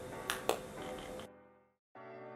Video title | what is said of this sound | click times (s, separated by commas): $225 HOUSE OF SILLAGE MOST EXPENSIVE LIPSTICK 💄 SWAROVSKI CRYSTALS BOW CASE UNBOXING Swatches | you're going to want to insert your refill until it clicks. | 0.3 s, 0.5 s